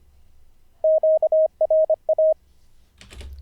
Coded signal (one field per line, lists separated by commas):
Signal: Morse code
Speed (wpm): 25 wpm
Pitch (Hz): 630 Hz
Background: none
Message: QRA